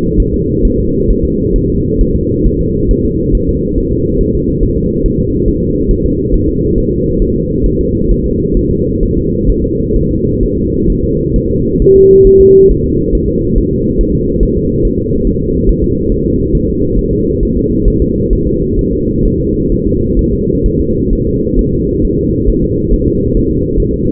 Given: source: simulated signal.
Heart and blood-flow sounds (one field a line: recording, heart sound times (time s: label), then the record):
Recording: fetal heart sounds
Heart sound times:
0.20 s: S1
0.34 s: S2
0.65 s: S1
0.79 s: S2
1.10 s: S1
1.25 s: S2
1.56 s: S1
1.70 s: S2
2.01 s: S1
2.16 s: S2
2.46 s: S1
2.61 s: S2
2.91 s: S1
3.05 s: S2
3.35 s: S1
3.49 s: S2
3.78 s: S1
3.92 s: S2
4.21 s: S1
4.35 s: S2
4.63 s: S1
4.78 s: S2
5.06 s: S1
5.20 s: S2
5.48 s: S1
5.63 s: S2
5.91 s: S1
6.06 s: S2
6.34 s: S1
6.49 s: S2
6.78 s: S1
6.92 s: S2
7.22 s: S1
7.36 s: S2
7.66 s: S1
7.81 s: S2
8.11 s: S1
8.26 s: S2
8.57 s: S1
8.71 s: S2
9.03 s: S1
9.17 s: S2
9.50 s: S1
9.64 s: S2
9.96 s: S1
10.11 s: S2
10.43 s: S1
10.58 s: S2
10.90 s: S1
11.04 s: S2
11.36 s: S1
11.51 s: S2
11.82 s: S1
11.96 s: S2
12.27 s: S1
12.41 s: S2
12.71 s: S1
12.86 s: S2
13.15 s: S1
13.30 s: S2
13.58 s: S1
13.73 s: S2
14.01 s: S1
14.15 s: S2
14.43 s: S1
14.57 s: S2
14.85 s: S1
15.00 s: S2
15.27 s: S1
15.42 s: S2
15.69 s: S1
15.84 s: S2
16.12 s: S1
16.26 s: S2
16.55 s: S1
16.69 s: S2
16.99 s: S1
17.13 s: S2
17.43 s: S1
17.57 s: S2
17.88 s: S1
18.02 s: S2
18.33 s: S1
18.47 s: S2
18.79 s: S1
18.93 s: S2
19.25 s: S1
19.40 s: S2
19.72 s: S1
19.86 s: S2
20.19 s: S1
20.33 s: S2
20.66 s: S1
20.80 s: S2
21.13 s: S1
21.27 s: S2
21.59 s: S1
21.73 s: S2
22.05 s: S1
22.19 s: S2
22.50 s: S1
22.64 s: S2
22.94 s: S1
23.08 s: S2
23.37 s: S1
23.51 s: S2
23.80 s: S1
23.94 s: S2
From the record:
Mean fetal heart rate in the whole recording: 135 bpm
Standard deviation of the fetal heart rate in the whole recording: 3 bpm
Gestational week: 36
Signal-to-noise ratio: -10.2 dB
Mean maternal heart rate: 72 bpm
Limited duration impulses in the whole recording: present